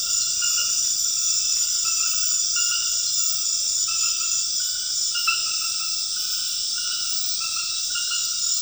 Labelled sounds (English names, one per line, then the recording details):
none
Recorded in dense forest near Puerto Asís, Putumayo, Colombia, on 12 March 2025 at 21:30
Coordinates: 0.484, -76.325
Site G045